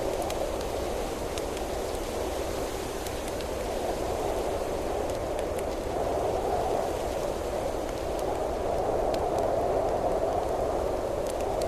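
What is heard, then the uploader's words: Wind rushes steadily through leaves, a dense, unbroken hiss with a low rumble underneath and a slight swell after the midpoint. Soft campfire crackles come through faintly as sparse, sharp little ticks scattered every second or two over the whole stretch. Camping in the Woods on a Windy Night. Outside the wind howls through the leaves and a soft campfire crackles.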